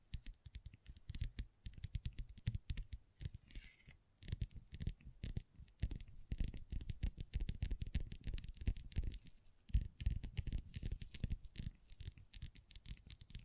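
Long fingernails tap and scratch on a tabletop in quick, irregular bursts, like rapid typing. The clicks are dense and uneven, with sharp bright ticks over a dull thumping body, broken by brief pauses near four and ten seconds.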